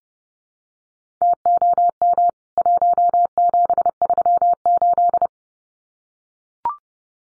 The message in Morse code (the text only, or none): TOM 1738